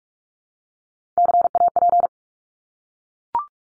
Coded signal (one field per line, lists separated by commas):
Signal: Morse code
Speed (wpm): 44 wpm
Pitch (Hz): 700 Hz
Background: none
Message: CAP